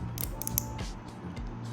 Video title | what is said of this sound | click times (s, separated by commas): Glashutte Original SeaQ Unboxing & Review (Close-up shots & clips at the end) | like so so you will hear the clicks I as you did just now | 0.2 s, 0.4 s, 0.5 s, 0.6 s